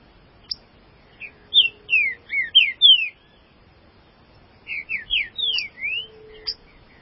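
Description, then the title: Green-winged saltator song: two phrases of quick, slurred whistled notes, separated by a pause. "Trinca Ferro"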